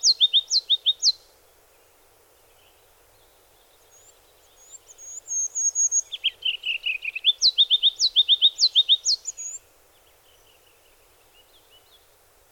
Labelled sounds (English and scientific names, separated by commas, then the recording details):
Ruby-crowned Kinglet (Corthylio calendula) song
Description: Ruby-crowned Kinglet song recorded on the Cow Creek Trail in Rocky Mountain National Park
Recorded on 22 June 2015